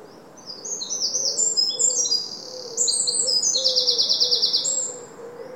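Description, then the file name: Eurasian wren song, a rapid sequence of high, metallic trills and shrill notes tumbling over several seconds, with a low steady hum beneath. "Troglodytes troglodytes"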